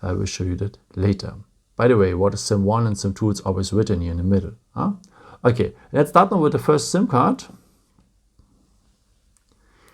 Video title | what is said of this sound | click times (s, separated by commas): Samsung Galaxy A15 5G: How to insert the SIM card? Tutorial for the SIM cards | You need to place it like this. You will hear a little click noise as well. | 9.4 s